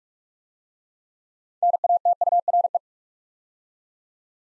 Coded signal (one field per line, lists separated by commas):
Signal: Morse code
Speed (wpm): 44 wpm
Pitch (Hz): 700 Hz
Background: none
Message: NATURE